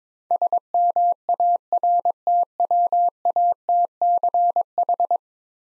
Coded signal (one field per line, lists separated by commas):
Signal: Morse code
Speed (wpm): 22 wpm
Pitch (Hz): 700 Hz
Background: none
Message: SMARTWATCH